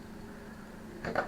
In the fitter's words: at the end, just push that end down, something, there you go, it clicks into place,